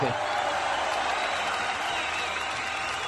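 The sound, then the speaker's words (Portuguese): A steady burst of applause for Brett Favre's 40 years of American football, many hands clapping in a dense, hissy wash that holds at an even, fairly loud level for about three seconds without fading. “Você vê que o fantasma Júlio apareceu agora, depois da salva de palmas”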